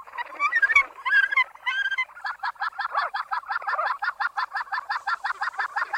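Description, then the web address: Australasian gannet calls: a few hoarse, nasal squawks open, then a fast, regular series of rasping pulsed notes carries on steadily to the end. "australasian gannet. takapu"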